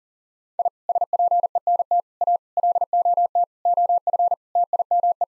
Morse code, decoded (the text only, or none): I SPENT A LOT OF TIME